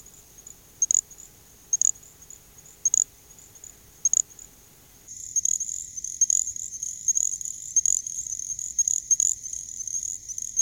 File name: little grass frog